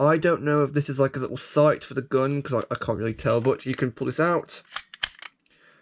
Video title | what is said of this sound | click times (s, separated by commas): TNS! Reviews: Orcabooster5050 [No.1 Sentai Gozyuger] | And it locks into place, and you push the trigger to release it, | 5.0 s